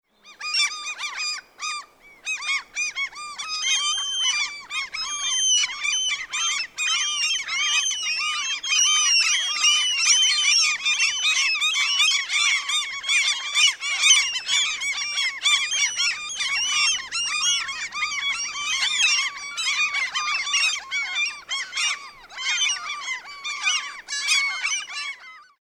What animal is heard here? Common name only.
Common Gull